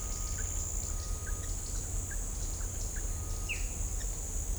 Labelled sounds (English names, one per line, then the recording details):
Black-chested Jay
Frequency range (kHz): Black-chested Jay 1.6-3.2 kHz
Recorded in shrubland near Pivijay, Magdalena, Colombia, on 3 June 2023 at 07:00
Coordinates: 10.453, -74.365
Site P5-G022